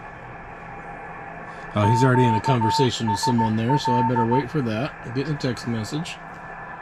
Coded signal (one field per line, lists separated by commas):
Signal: Morse code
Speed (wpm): 16 wpm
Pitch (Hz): 900 Hz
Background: speech, radio noise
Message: QSL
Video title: Learning New HF Digital Modes for Field Day 2025!!!